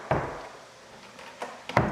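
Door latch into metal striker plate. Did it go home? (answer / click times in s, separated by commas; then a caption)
no / none. A bathroom door is swung shut several times against its metal striker plate, producing dull knocks and thuds near 0.1, 1.7 and 1.8 seconds. The latch does not engage the striker, so the door will not stay closed. Nothing has latched or clicked into place.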